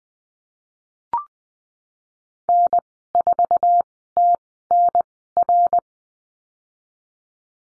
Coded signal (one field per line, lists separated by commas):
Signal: Morse code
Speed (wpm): 20 wpm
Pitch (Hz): 700 Hz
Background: none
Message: N4TNR